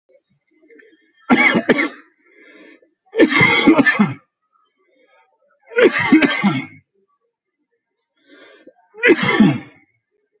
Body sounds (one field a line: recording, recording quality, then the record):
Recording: shallow voluntary cough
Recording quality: excellent, no background noise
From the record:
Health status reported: COVID-19 positive, mild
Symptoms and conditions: cough, cold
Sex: male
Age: 47 years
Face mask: worn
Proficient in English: yes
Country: India